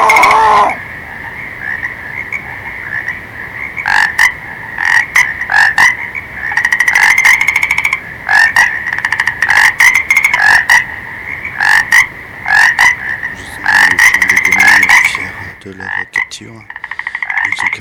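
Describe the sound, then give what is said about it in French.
A dense chorus of frogs and toads croaking steadily, with repeated bursts of raspy calls stacked over a constant high-pitched trill that runs throughout, fairly loud and with no talking. “Oui, les crapauds et les grenouilles sont vivants. Vivants, vous entendez?”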